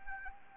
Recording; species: mosquito wingbeat signal from an infrared sensor; Anopheles arabiensis